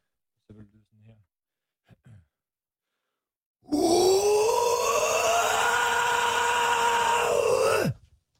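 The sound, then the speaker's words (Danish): A few short breathy vocal sounds, then a long, loud, harsh vocal roar about four seconds long, a mix of growl and scream, blending a deep gritty growl with a high raspy scream, rising slightly in pitch before cutting off. “Ja, det vil man kalde en blanding mellem growl og skrig.”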